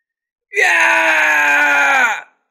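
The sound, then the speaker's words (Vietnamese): A man lets out a single loud, agonized scream lasting nearly two seconds, strained and sustained at a steady pitch with a slight downward sag before it cuts off, as he is struck by a punch, thrown flying and spurts blood from his mouth. “Tử Thiên Đô hét thảm một tiếng, thân hình bay xéo ra ngoài, từng vòi máu loãng từ miệng của gã trào ra.”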